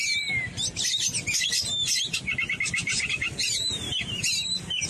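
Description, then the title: Oriental magpie-robin singing a dense, high-pitched medley of twittering phrases, with a clear drawn-out whistle near the start and quick chattering trills. "Kacer"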